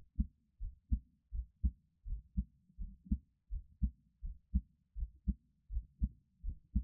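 A normal adult heartbeat recorded close up for ASMR: steady, regular low thumps at about 82 beats per minute.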